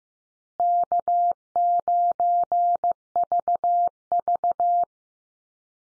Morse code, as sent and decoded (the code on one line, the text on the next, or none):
-.- ----. ...- ...-
K9VV